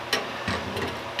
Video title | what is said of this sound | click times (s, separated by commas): Gas Tank has been trying to fall out of my G body! | and then as I lower it down should there it goes it snaps right in the magnets hit | 0.1 s, 1.2 s